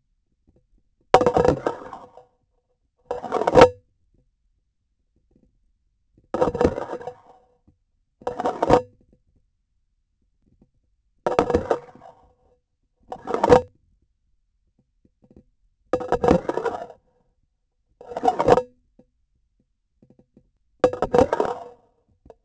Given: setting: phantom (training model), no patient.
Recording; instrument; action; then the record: laparoscopic instrument, vibration sensor on the handle end; grasping forceps; insertion and removal through the trocar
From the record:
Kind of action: spatial motion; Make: Olympus